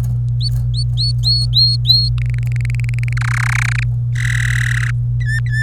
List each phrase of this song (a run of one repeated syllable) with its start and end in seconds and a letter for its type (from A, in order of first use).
0.41-0.48 A, 0.74-2.09 A, 2.18-3.13 B, 3.17-3.83 C, 4.15-4.91 D, 5.21-5.63 E